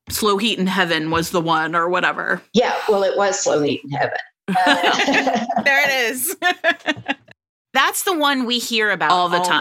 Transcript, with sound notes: Slow Heat in Heaven was the one or whatever.
Yeah, well it was Slow Heat in Heaven. (laughter)
There it is. That's the one we hear about all the time.